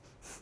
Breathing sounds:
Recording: one breath in and out by a microphone near the nose and mouth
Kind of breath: strong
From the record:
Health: marked as sick, illness not named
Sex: female

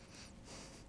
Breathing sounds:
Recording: one breath in and out by a microphone near the nose and mouth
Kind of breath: strong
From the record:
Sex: male

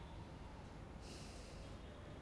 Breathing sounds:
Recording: one breath in and out by a microphone near the nose and mouth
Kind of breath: normal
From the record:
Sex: male

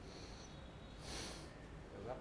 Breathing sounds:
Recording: one breath in and out by a microphone near the nose and mouth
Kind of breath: deep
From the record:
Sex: male

